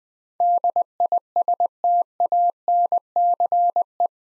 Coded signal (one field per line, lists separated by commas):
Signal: Morse code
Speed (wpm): 20 wpm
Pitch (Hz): 700 Hz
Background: none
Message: DISTANCE